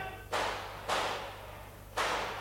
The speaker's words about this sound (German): Das sind doch Schüsse.